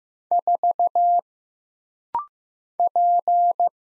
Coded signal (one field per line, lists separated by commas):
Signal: Morse code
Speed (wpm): 15 wpm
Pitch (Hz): 700 Hz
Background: none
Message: 4 P